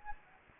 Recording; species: mosquito wingbeat signal from an infrared sensor; Anopheles gambiae